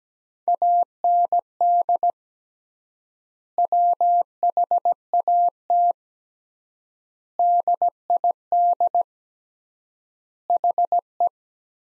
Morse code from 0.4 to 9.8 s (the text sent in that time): AND WHAT DID